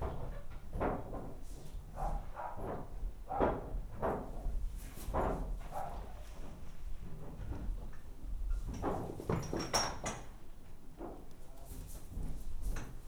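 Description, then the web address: Horse stirring and shuffling: a run of dull thuds and scraping rustles, a few in quick bursts, with faint clicks and knocks between them. Tied-up horse stirring in a stable on a farmyard; its mate peeks in to it. "allathangok parasztudvar lo istallobabekotottloneszezese aparjabekukkanthozza"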